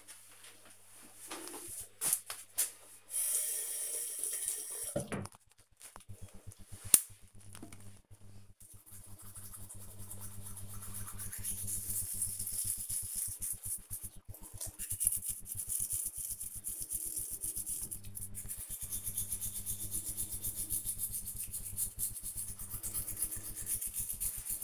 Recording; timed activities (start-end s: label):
household activities, microphone on the right wrist
0.00-24.64 s: brushing teeth